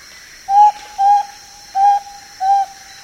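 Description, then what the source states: Spotted antpitta singing four clear, even whistled notes at a steady pitch over a continuous high-pitched insect drone. South America.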